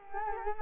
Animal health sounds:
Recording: mosquito wingbeat signal from an infrared sensor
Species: Culex quinquefasciatus

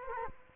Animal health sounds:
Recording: mosquito wingbeat signal from an infrared sensor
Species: Culex quinquefasciatus

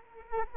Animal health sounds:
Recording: mosquito wingbeat signal from an infrared sensor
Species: Culex quinquefasciatus

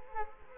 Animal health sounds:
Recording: mosquito wingbeat signal from an infrared sensor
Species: Culex quinquefasciatus

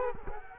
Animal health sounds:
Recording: mosquito wingbeat signal from an infrared sensor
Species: Culex quinquefasciatus

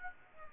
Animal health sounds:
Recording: mosquito wingbeat signal from an infrared sensor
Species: Aedes aegypti

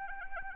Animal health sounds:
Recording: mosquito wingbeat signal from an infrared sensor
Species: Anopheles arabiensis

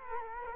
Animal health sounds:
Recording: mosquito wingbeat signal from an infrared sensor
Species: Culex quinquefasciatus

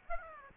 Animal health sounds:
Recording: mosquito wingbeat signal from an infrared sensor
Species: Aedes aegypti

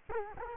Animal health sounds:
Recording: mosquito wingbeat signal from an infrared sensor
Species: Culex quinquefasciatus

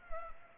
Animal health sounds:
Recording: mosquito wingbeat signal from an infrared sensor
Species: Culex pipiens

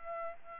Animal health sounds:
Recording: mosquito wingbeat signal from an infrared sensor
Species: Aedes albopictus

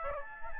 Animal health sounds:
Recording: mosquito wingbeat signal from an infrared sensor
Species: Aedes albopictus

